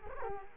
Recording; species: mosquito wingbeat signal from an infrared sensor; Culex quinquefasciatus